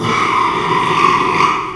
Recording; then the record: squeal of a Yucatan mini pig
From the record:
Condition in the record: after surgery on the right vocal fold (resection and tissue-engineered implant); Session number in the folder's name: 1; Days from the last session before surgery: 6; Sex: male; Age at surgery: 12 weeks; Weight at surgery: 13 kg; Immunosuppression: cyclosporine, prednisolone